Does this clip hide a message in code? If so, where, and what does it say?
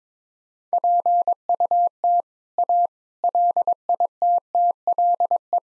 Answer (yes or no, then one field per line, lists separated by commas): yes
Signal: Morse code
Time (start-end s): 0.7-5.6 s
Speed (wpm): 22 wpm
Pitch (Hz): 700 Hz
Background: none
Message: PUT A LITTLE